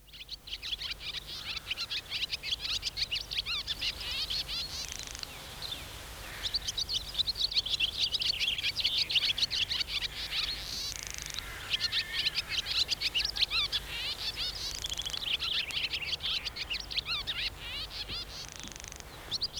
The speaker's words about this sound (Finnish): Laulu on yhtäjaksoista visertelyä, joka voi jatkua useita minuutteja. Ainoastaan jonkinlainen narina keskeyttää laulu.